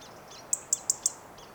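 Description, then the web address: European robin tick calls, four sharp high clicks in quick succession, with faint soft high notes behind. "SETE Erithacus rubecula"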